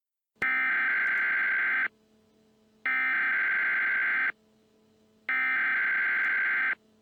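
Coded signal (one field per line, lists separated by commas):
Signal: Emergency Alert System (SAME) tones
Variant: header bursts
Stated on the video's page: Mock EAS alert based on the cartoon The Amazing World of Gumball.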